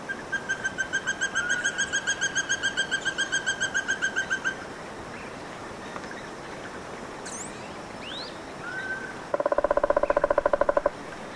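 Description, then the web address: Spot-breasted woodpecker giving a long even series of many rapid ringing notes for about four seconds, followed by faint chirps and a low buzzy pulsed burst near the end. Eastern lowlands of South America. "Natures Songs S America Eastern Lowlands. Spot-breasted Woodpecker"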